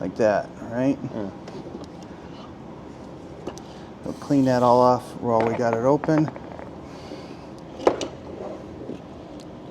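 After contact cleaner is sprayed on the terminals, a wiring harness connector is pushed onto the plug of a new air suspension compressor on a Town Car. Someone talks, and then two sharp clicks at 7.9 s and 8.0 s mark the connector snapping in and seating.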